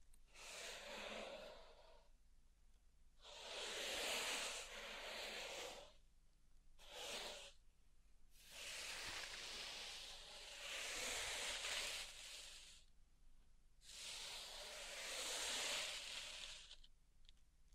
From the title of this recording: Pink Salt Zen Garden Triggers